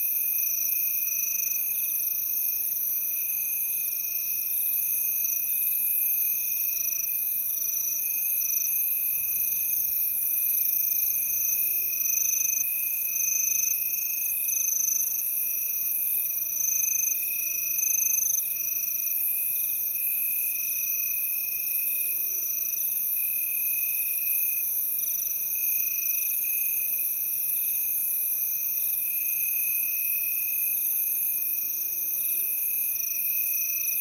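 Crickets chirr without pause through a summer night, their high, thin trilling layered in several steady bands that never let up. Faint, soft low calls surface now and then, around the middle and near the end, beneath the insects.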